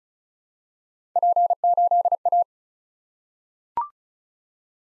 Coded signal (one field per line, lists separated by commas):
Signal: Morse code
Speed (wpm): 36 wpm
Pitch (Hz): 700 Hz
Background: none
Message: P8A